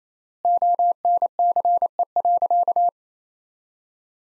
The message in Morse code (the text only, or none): ONCE.